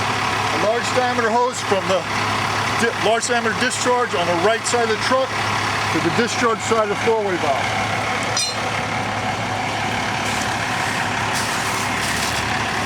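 Someone talks over a steady truck engine rumble while a large diameter hose, run from the large diameter discharge on the right side of the truck, is handled toward the discharge side of a four-way valve. A brief sharp sound occurs near 8.5 s. The coupling has not yet locked onto the valve, and nothing has seated or clicked.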